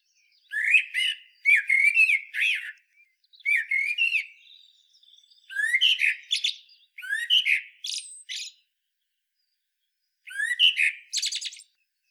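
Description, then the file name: Common blackbird calls in harsh, chattering bursts, six or so clusters of rapid squawky notes across twelve seconds, separated by short silent gaps. "Turdus merula"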